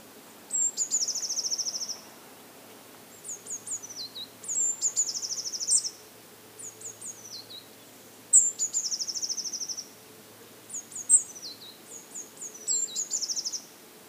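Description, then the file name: Eurasian blue tit singing very high, thin phrases: sharp introductory notes falling into quick silvery trills, repeated several times over a quiet background. "Cyanistes caeruleus"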